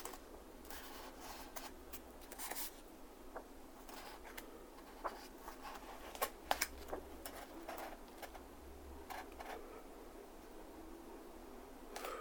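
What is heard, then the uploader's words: Pages of a book are turned at a desk, with soft papery rustles and flicks arriving every second or so. A few sharper taps land around the middle. A low, steady hum sits underneath throughout. 机で本をめくる音（Binaural） - sound of turning a book. 本をめくったり、とじたりする音.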